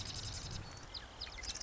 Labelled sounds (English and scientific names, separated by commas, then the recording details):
Marsh Wren (Cistothorus palustris)
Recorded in Sonoma County, California